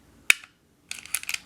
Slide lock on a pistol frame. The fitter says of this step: we're going to pull to the slide until we see or hear the click